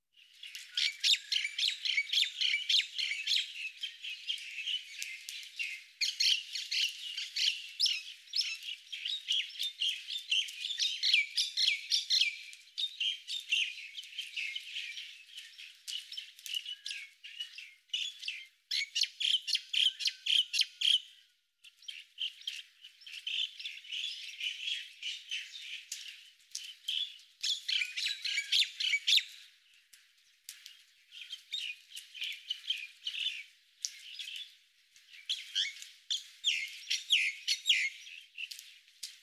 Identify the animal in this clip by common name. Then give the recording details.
Common Myna. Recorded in the wild. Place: Buchara, TM. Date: 2001-05-20. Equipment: MiniDisc Sharp MT 20 H. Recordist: Schwarz, Dieter. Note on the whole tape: Song